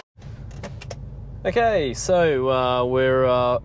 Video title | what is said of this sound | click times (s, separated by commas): Episode 4 Forrest Gump Brake and Transmission service | nice and easy just turn it until it clicks | 0.8 s